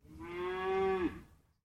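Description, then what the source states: Cow mooing once, a single steady, drawn-out low moo lasting about a second. Distant cow mooing.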